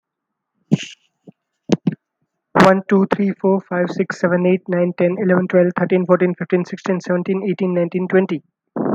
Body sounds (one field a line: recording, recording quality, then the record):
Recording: counting at a fast pace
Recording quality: excellent, no background noise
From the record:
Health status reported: healthy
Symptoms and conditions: none ticked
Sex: male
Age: 29 years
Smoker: not ticked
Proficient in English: yes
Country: India